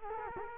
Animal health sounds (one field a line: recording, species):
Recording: mosquito wingbeat signal from an infrared sensor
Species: Culex quinquefasciatus